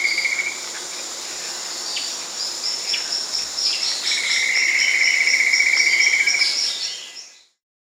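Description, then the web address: Long-billed gnatwren song: a steady, rapid trill held on one pitch for over two seconds, with a shorter trill at the start, over continuous high-pitched insect buzzing. Recorded in the Amazon of Peru. "Birds of the Amazon 3. Long-billed Gnatwren (Ramphocaenus melanurus), Peru"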